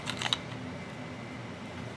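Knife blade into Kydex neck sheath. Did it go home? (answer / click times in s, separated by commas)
yes / 0.3 s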